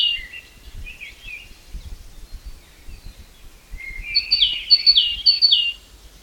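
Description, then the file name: Great tit notes: soft twittering at first, then a short series of rapid repeated two-part whistled phrases in the second half. "Parus major"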